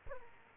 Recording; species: mosquito wingbeat signal from an infrared sensor; Aedes aegypti